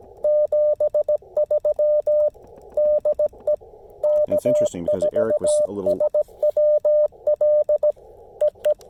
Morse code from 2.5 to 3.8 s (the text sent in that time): DE